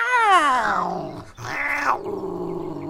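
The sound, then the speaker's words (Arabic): A black cat lets out a long, wavering yowl that slides downward, then a brief pause before a second strained meow rises, followed by a low rumbling growl trailing off. “يا لك من قطة سيئة الأخلاق، هل هذا كلام يوجه إلى أم تتألم؟”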